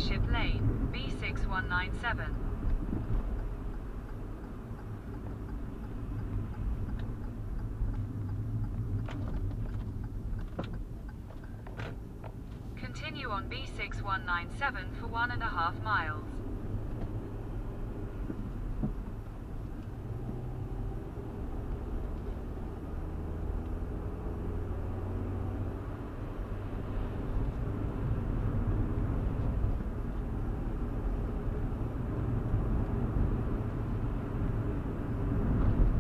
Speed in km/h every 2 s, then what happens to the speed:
47, 42, 35, 29, 19, 18, 26, 32, 37, 35, 42, 47, 55, 56, 58, 58, 63, 63.
0-10 slows to 18. 10-24 speeds up to 55. 24-30 steady at about 56.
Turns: 9-11.